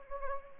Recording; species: mosquito wingbeat signal from an infrared sensor; Anopheles gambiae